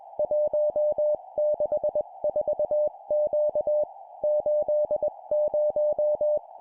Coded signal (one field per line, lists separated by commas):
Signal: Morse code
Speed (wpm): 21 wpm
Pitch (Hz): 600 Hz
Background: music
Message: 164Q 80